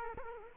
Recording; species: mosquito wingbeat signal from an infrared sensor; Culex quinquefasciatus